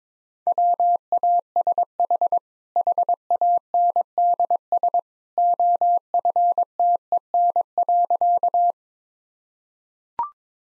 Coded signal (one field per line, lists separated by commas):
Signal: Morse code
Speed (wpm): 22 wpm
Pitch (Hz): 700 Hz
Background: none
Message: WASH HANDS OFTEN.